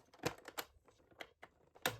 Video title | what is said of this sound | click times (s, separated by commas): Sonic the Hedgehog Death Egg Playset Toy Unboxing | snaps right into place and now let's put Sonic on his track | 1.9 s